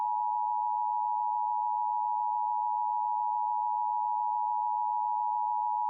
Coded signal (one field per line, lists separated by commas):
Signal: Emergency Alert System (SAME) tones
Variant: 853 and 960 Hz attention tone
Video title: IP - REQUIRED WEEKLY TEST CHAOS PT 2 - NO EAS